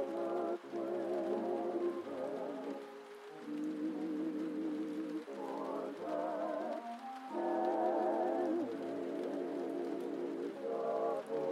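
Vintage oldies music plays from another room, muffled and dull, with held, wavering notes that shift pitch in phrases every second or two. The tune stays low-to-mid and continuous, while a faint, steady rain-like hiss runs underneath throughout.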